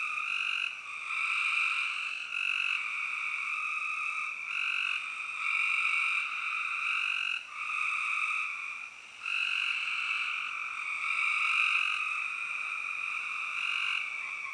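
Spring peepers calling in a dense chorus, high peeps merging into a steady ringing band with swells and brief dips around seven and a half and nine seconds.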